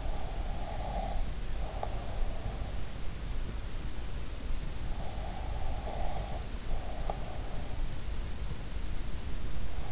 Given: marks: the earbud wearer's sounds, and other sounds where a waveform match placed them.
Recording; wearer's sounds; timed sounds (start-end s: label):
sounds in sleep by an in-ear microphone; breath
0.00-2.33 s: breath
5.24-7.56 s: breath